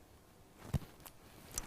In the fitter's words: oh it's very secure actually it's got like a double click when you push it in